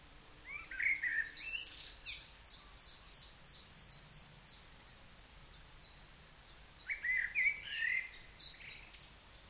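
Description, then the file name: Common blackbird song: a rich low warble, a pause of several seconds, then another, with a steady high ticking series from another bird between them. "Turdus merula"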